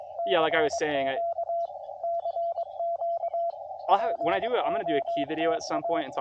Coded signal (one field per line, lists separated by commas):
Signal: Morse code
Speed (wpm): 23 wpm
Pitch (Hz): 680 Hz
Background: speech, radio noise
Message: CQ CQ POTA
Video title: CW POTA Lower Hobble Creek